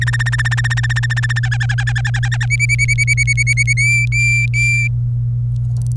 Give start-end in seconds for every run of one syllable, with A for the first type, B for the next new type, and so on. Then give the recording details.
0.01-1.39 A, 1.43-2.46 B, 2.50-3.73 C, 3.77-4.88 D. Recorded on 26 April 2018 at 15:45. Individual llb3